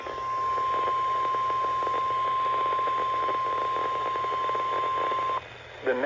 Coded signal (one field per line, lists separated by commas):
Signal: Emergency Alert System (SAME) tones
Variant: 1050 Hz attention tone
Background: speech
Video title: EAS #2572-2573 DOUBLE HEADER Severe Thunderstorm Warning on KXI41